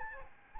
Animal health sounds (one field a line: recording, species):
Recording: mosquito wingbeat signal from an infrared sensor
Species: Aedes albopictus